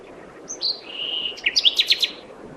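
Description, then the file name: Common nightingale song phrase: a sliding whistle leading into a quick string of several sharp, repeated notes. "Luscinia megarhynchos"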